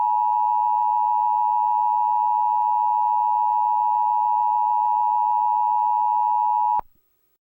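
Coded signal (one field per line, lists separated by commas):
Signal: Emergency Alert System (SAME) tones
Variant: 853 and 960 Hz attention tone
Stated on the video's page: Fictional EAS scenario, simulated.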